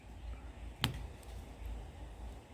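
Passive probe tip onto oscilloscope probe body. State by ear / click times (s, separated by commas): seated / 0.8 s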